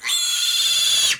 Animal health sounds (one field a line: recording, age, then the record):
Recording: pig call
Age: piglet (1 to 25 days)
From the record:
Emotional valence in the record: negative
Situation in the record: castration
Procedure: castration, fixation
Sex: male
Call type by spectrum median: high-frequency call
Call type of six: high-frequency modulated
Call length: 1.20 s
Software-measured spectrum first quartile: 3437 Hz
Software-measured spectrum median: 4502 Hz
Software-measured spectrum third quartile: 7435 Hz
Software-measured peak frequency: 3477 Hz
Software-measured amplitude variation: 111 dB a second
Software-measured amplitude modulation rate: 22.1 a second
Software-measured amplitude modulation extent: 5.0 dB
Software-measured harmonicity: 5.3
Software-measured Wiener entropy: -2.44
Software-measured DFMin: 706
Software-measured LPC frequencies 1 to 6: 1348, 1994, 2782, 3427, 4137, 4706 Hz